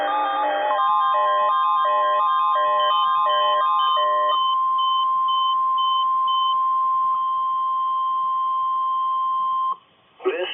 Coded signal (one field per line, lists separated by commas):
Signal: Emergency Alert System (SAME) tones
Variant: 1050 Hz attention tone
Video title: (ARCHIVED) STO 1/2 Weekly Test (EAS #270)